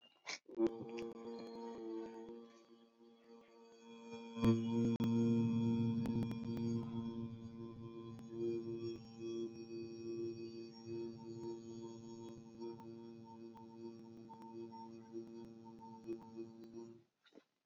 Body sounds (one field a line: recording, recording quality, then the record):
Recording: sustained vowel as in boot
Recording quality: excellent, no background noise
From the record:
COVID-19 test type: RT-PCR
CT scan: not taken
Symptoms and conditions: none ticked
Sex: male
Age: 31 years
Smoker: no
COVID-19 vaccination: both doses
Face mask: not worn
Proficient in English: yes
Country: India